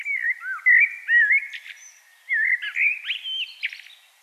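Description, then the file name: Common blackbird song: mellow fluted whistles that run into thin, twittering squeaks, in two phrases with a brief gap. "Turdus merula"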